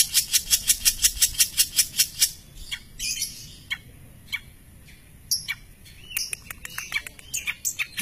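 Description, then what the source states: Long-tailed shrike song: a rapid run of harsh, scratchy chattering notes, then scattered sharp clicks and short squeaky notes. Recording of varied birdsong used as masteran, a tutor recording for training songbirds.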